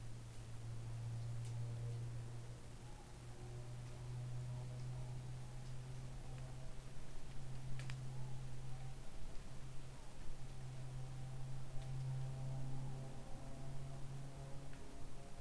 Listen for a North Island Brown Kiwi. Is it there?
no